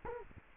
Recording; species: mosquito wingbeat signal from an infrared sensor; Culex quinquefasciatus